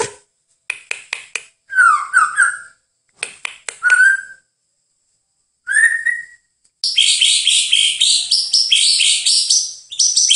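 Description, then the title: Bird song: sharp clicking ticks and slurred whistled phrases in separate bursts, ending in a long, dense, rapid twittering run. "KICAU BURUNG"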